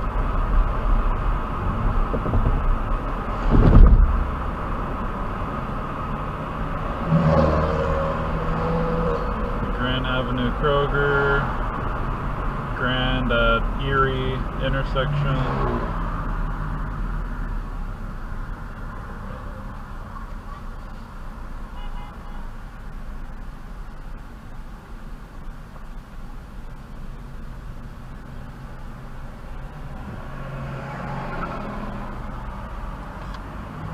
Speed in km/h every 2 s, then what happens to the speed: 47, 45, 45, 47, 47, 44, 39, 29, 19, 10, 0, 0, 0, 0, 0, 0, 0.
0-8 steady at about 47. 8-19 brakes to 0. 19-34 standing.